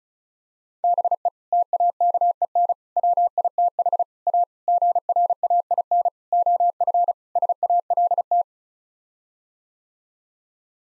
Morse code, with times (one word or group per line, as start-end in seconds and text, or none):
0.8-1.3 BE
1.5-2.7 TAKEN
3.0-4.0 WITH
4.3-4.4 A
4.7-6.1 GRAIN
6.3-7.1 OF
7.4-8.4 SALT